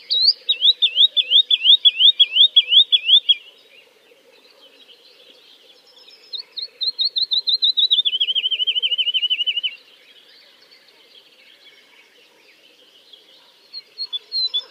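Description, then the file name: Woodlark song: a fast run of repeated liquid notes, then a longer series that slides lower and speeds into rapid trills, with a pause and renewed phrases near the end. "kicau master woodlark"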